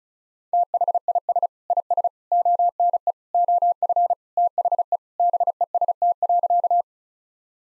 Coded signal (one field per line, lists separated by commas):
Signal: Morse code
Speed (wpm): 34 wpm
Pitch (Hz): 700 Hz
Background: none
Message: THIS IS ONE OF THE BEST.